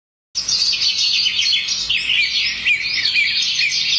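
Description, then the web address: Bird chirping, a dense continuous stream of high, thin tweets and twittering notes, busy throughout after a brief silent start. "Chika Pengusir-Hama-Burung-Otomatis. bird Recording 14"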